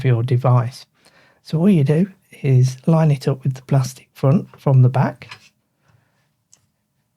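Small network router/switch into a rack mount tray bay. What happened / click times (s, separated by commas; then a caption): The device was only lined up; it has not seated yet / none. Someone talks while a small network router or switch is lined up from the back with the plastic front of a rack mount bracket's tray bay, just handling before it goes in. Speech fills the first five seconds, followed by near silence with one faint, very short tick at about 6.5 s. Nothing has seated or clicked yet.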